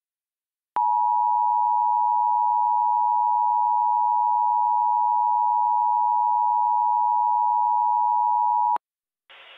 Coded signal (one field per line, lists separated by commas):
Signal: Emergency Alert System (SAME) tones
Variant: 853 and 960 Hz attention tone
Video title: EAS Mock: CAVE AWIPS new product test (Experimental)